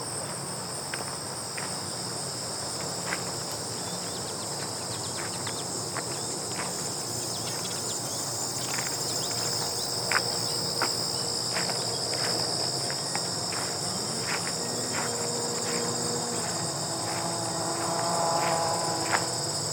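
Footsteps crunch on gravel at an irregular pace while grasshoppers keep up a steady, bright, high-pitched buzzing underneath throughout.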